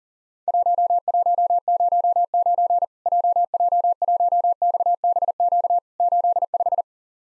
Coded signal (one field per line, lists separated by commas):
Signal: Morse code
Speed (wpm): 39 wpm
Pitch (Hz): 700 Hz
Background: none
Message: 1109 JJ1XBQ 85